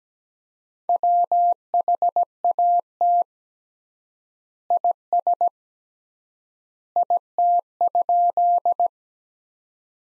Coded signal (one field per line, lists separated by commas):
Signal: Morse code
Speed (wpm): 17 wpm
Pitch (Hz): 700 Hz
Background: none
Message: WHAT IS IT?